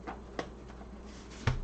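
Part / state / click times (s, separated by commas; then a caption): stool leg section into its locked extended position / seated / 1.5 s. A leg section of a collapsible folding stool is pulled out and twisted into its extended position. A short, sharp hit sounds at 0.4 s, then a second sharp hit at 1.5 s as the leg twist-locks into place, and it is seated.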